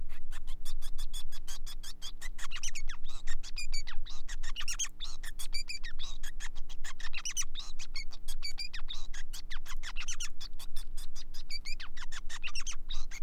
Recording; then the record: song of a male Bengalese finch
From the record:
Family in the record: son of father 5